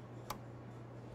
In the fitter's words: the clasp works reliably, it should make an audible snapping sound as it locks into place. Yeah, that's